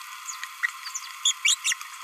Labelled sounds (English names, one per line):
Green-rumped Parrotlet babbling